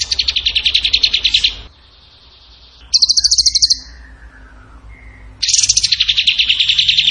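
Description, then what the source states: Bird song of long, fast rattling trills broken by a brief high trill and soft drawn-out whistles, ending in another extended rapid trill. Song in the tembakan gacor style, used as masteran training for songbirds.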